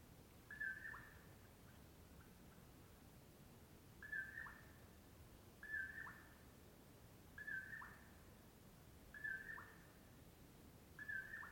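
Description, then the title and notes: Common poorwill giving six whistled poor-will calls, fairly evenly spaced after a longer first gap, over steady low background hiss. Morning of 6 July 2016, before 4:30 am, early summer, Washington; mellow poor-will-low call. "On the morning of 06 July, 2016, I awoke to the mellow “poor-will-low” of a Common Poorwill"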